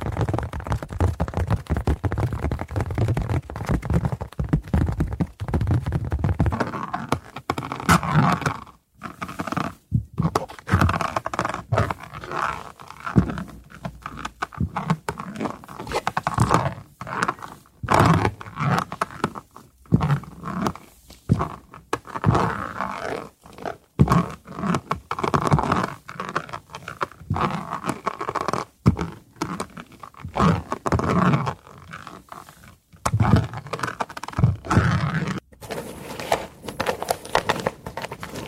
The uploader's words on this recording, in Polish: ZAŚNIJ PRZY DŹWIĘKACH DREWNA! ASMR po polsku.